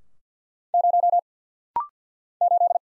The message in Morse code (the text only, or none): 0 8